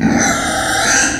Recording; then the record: squeal of a Yucatan mini pig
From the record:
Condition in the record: before surgery on the right vocal fold (resection and tissue-engineered implant); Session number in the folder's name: 3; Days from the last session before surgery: 0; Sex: female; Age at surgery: 19 weeks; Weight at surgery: 25 kg